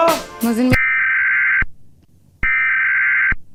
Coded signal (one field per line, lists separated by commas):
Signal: Emergency Alert System (SAME) tones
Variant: header bursts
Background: speech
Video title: EAS SCENARIO #42: i-Ready